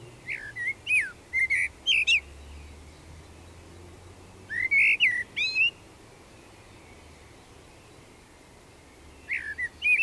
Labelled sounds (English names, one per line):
Common Blackbird song